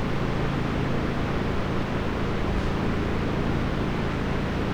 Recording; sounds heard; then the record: poultry house recording; no chicken sound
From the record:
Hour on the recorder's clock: 15